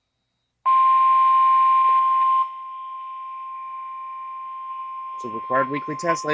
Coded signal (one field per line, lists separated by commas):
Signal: Emergency Alert System (SAME) tones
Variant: 1050 Hz attention tone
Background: speech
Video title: NEW UPCOMING VIDEO SERIES... | EAS Alerts from 12/25/19 - 4/22/20 (EAS #1-9)